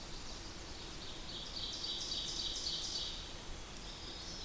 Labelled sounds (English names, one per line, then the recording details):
Ovenbird song
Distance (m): 70 m
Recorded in boreal forest in Alberta, Canada, on 8 June 2016 at 07:04
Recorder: SongMeter 3, array SBT-3-9
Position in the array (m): 47 m, 103 m
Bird 33